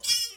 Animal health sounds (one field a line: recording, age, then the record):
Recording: pig call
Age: piglet (1 to 25 days)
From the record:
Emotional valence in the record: negative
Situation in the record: castration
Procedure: castration, cut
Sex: male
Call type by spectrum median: high-frequency call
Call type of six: high-frequency stable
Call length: 0.38 s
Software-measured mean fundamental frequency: 156 Hz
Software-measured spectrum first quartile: 4650 Hz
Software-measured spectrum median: 5365 Hz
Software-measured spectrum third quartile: 7047 Hz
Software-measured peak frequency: 5261 Hz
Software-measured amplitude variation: 166 dB a second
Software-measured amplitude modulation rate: 9.3 a second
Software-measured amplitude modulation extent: 17.9 dB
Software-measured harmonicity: 8.3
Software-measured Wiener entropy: -2.65